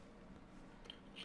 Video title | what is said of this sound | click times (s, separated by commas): Dark X V8 Pixel 2.0 Lightsaber - SABNEO - Unboxing, Assembly and Review | push it back in you'll hear it click | 0.9 s